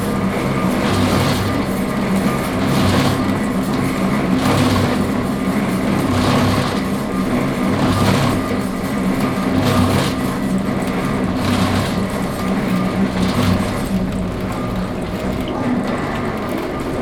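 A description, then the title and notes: A cable ferry's engine drones steadily, with low rumble, a constant mid hum, and a faint rhythmic clanking recurring every couple of seconds. Cable car ferry engine. Cable ferry, Butrint National Park, Albanie.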